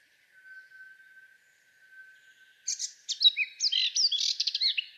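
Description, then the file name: Eurasian blackcap song: a faint steady tone and soft notes at first, then a burst of rich, jumbled warbling begins around three seconds. "Sylvia atricapilla"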